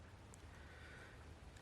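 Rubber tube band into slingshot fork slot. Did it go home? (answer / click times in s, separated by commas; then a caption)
no / none. A rubber tube band is gripped with the fingers and positioned over the top of a GZK Crazy Power Mini no-tie slingshot frame, ready to be stretched and dropped into the fork slot. A steady low rumble runs throughout, with one brief faint tick at about 0.3 s. The band has not yet seated or clicked into the slot.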